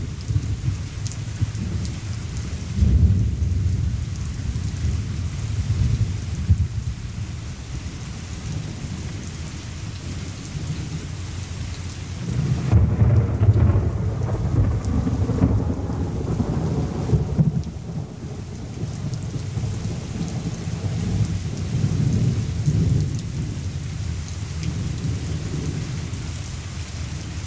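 Thunder rolls low and heavy beneath steady rain, a deep rumble that swells and fades across the whole recording. The loudest peals come near three seconds and again from about thirteen to seventeen seconds, while the hiss of rainfall continues without a break.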